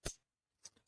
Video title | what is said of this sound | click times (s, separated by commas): Insta360 Ace Pro any good? | you hear it snap now the door's back on | 0.1 s, 0.7 s